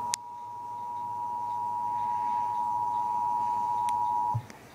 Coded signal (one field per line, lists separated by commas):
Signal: Emergency Alert System (SAME) tones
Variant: 853 and 960 Hz attention tone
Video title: EAS - Tsunami Warning #1